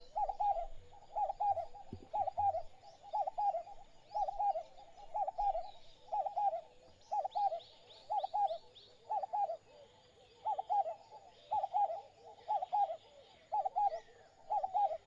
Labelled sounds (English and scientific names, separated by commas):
Vinaceous Dove (Streptopelia vinacea)